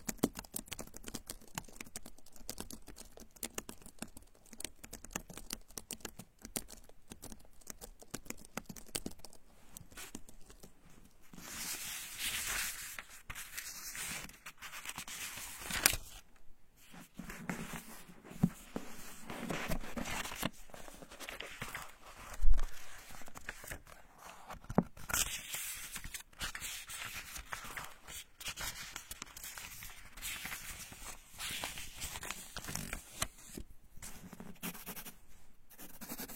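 Pages turning and a pen writing, with steady fine scratching and tapping through most of the stretch. Brighter rustling swells come in bursts around 11–15 and 25–28 seconds, with a sharp louder rustle near 22 seconds. Between them, the scratching stays soft and dense.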